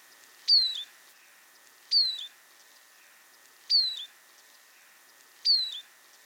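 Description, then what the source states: Eurasian Siskin flight calls: four high, clear, descending slurred notes, about one and a half to two seconds apart, over faint background hiss. Flight call, described as a somewhat sad but beautiful 'düdü', often heard.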